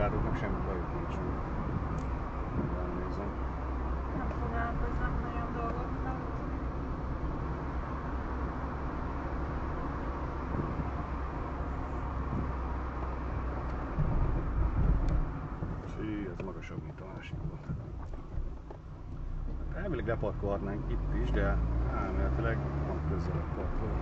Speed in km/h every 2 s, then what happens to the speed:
41, 39, 41, 41, 42, 43, 40, 37, 21, 13, 17, 29.
0-13 steady at about 41. 13-17 brakes to 13. 19-24 speeds up to 29.